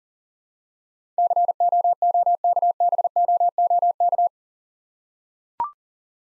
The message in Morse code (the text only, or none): COOKBOOK